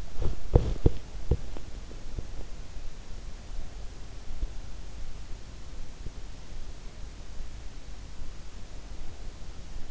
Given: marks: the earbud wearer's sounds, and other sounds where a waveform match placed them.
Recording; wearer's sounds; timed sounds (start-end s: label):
sounds in sleep by an in-ear microphone; body movement
0.00-3.29 s: body movement